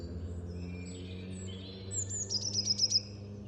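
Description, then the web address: Eurasian blue tit calls: after quiet low hum, a thin high note slides down into a quick series of sharp ticking notes lasting about a second. "cianscape. Deverinetal"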